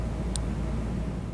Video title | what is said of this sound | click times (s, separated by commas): Fixing Our Cheap MK7 GTI | Did you hear that one? It's a little wire. It's a little wire with a little click, okay? | 0.4 s